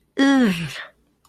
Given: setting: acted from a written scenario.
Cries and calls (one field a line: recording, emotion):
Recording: vocal sound without words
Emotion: disgust